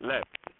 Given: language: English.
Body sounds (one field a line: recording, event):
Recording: throat vibration sensor signal played as sound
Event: speech